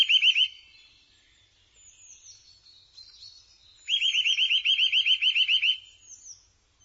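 A bird gives a short burst of rapid trilled notes, then after a pause a longer trill of repeated notes lasting about two seconds.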